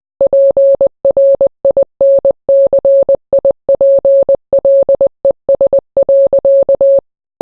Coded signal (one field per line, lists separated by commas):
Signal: Morse code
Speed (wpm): 20 wpm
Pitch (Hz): 550 Hz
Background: none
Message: PRINCIPLES.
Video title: Taiwan Morse Code